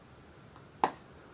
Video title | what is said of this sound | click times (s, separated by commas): O'Three preferred method of putting on a dry suit | There you go. Now that's locked into place, and then internally, | 0.8 s